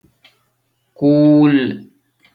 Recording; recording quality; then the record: sustained vowel as in boot; excellent, no background noise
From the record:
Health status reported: exposed to COVID-19, no respiratory illness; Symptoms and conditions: sore throat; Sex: male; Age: 18 years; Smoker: not ticked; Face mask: not worn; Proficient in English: yes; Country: India